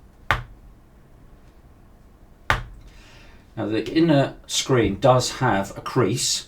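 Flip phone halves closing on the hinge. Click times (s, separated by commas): 0.3 s, 2.5 s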